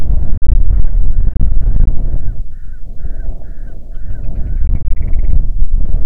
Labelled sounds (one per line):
grouse or ptarmigan
wind